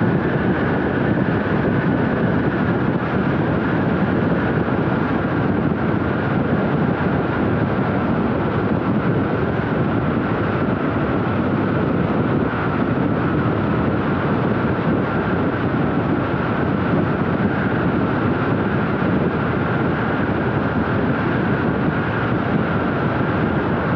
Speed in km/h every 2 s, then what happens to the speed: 106, 105, 104, 103, 102, 103, 105, 107, 108, 108, 106, 103.
0-8 steady at about 104. 8-18 speeds up to 108.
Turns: none.